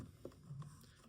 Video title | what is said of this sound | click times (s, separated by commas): STELLA Case Build Video | This will then pop into place right here. | 0.2 s, 0.6 s